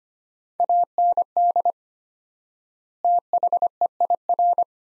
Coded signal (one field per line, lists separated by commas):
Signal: Morse code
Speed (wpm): 25 wpm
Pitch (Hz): 700 Hz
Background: none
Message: AND THEIR